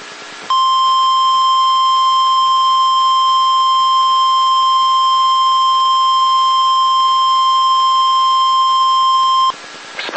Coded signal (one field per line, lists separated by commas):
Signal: Emergency Alert System (SAME) tones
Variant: 1050 Hz attention tone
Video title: Special Marine Warning for Honolulu Hawaii! (EAS #65)